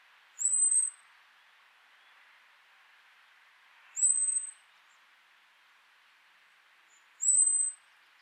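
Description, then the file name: Common blackbird repeating a thin, piercing, high whistle, three short notes roughly every three seconds, with quiet background hiss between them. "Turdus merula"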